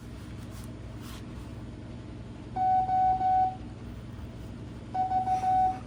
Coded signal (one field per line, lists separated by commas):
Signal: Morse code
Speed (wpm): 15 wpm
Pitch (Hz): 750 Hz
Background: none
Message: O V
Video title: Learning Morse Code (CW) 5 wpm - part 5